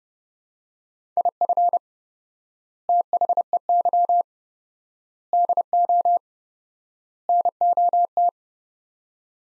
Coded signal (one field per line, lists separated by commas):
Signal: Morse code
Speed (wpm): 30 wpm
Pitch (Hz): 700 Hz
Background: none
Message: IF THEY DO NOT